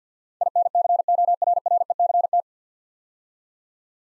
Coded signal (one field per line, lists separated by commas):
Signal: Morse code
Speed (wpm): 53 wpm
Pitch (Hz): 700 Hz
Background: none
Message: INCORRECT